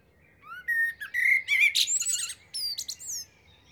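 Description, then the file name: Common blackbird singing a mellow, rising fluted phrase that breaks into fast, high, squeaky twittering, then a few final thin notes. "Turdus merula"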